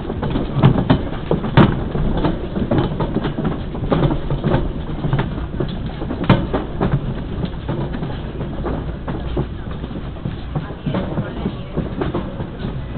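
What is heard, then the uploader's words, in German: Footsteps drum loudly and steadily across a temporary walkway, many walkers at once, with sharp hollow thuds standing out around the first two seconds and again near six. Underneath runs a constant low rumble of city traffic, and the sound stays dull, without brightness. Loud and percussive is the march of the tourist through the make-shift pathway along Am Kupfergraben. Laut trommelnd marschieren die Touristen durch den provisorischen Gang am Kupfergraben.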